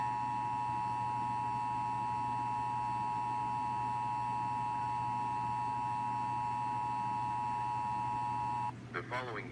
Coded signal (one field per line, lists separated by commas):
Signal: Emergency Alert System (SAME) tones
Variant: 853 and 960 Hz attention tone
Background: speech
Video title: Required Monthly Test (102.9 FM) | EAS #111